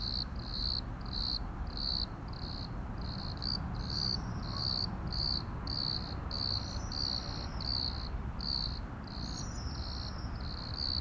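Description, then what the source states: Cricket chirping in regular rapid bursts, with a few faint higher notes and a low constant rumble behind. Crickets at Plaiaundi ecological park, Irún, Spain.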